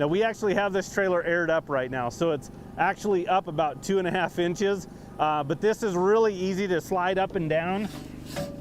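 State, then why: Not seated. Someone talks throughout about the extendable metal ladder on a 2022 Cimarron Norstar 4 Horse Living Quarters trailer, which is aired up about two and a half inches and whose ladder slides into an angled position. Only speech is clearly heard, with no distinct metallic click, and nothing has seated or clicked into place yet.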